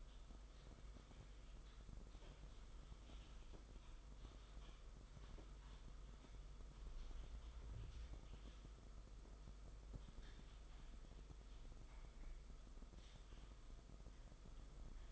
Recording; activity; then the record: daily activity, microphone in the room; typing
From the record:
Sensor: 5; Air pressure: 991.1 hPa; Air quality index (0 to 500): 131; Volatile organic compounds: 70 ppm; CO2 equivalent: 3520 ppm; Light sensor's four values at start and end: 38/120/46/49 and 38/120/46/49